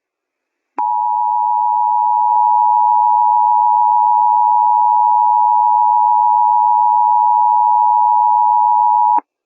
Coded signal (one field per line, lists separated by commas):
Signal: Emergency Alert System (SAME) tones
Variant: 853 and 960 Hz attention tone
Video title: Psi: The Awakening of the forgotten Giant Princess ~ An EAS scenario EX